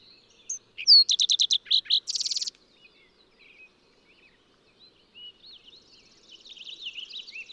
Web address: birdsongforthecurious songs Fox Sparrow